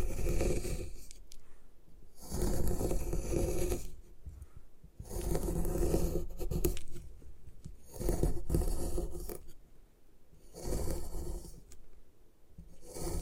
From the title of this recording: Destroy Gym Chalk